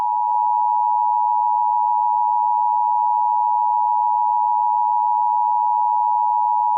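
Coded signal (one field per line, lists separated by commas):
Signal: Emergency Alert System (SAME) tones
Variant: 853 and 960 Hz attention tone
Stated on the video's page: Fictional analog-horror EAS scenario.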